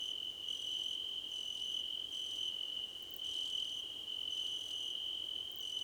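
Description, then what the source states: Cricket chorus with one continuous shrill trill, overlaid by short repeated chirp dashes at a higher pitch that come and go about every second. Crickets, described as a choir competition.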